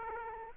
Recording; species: mosquito wingbeat signal from an infrared sensor; Aedes aegypti